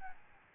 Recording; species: mosquito wingbeat signal from an infrared sensor; Aedes albopictus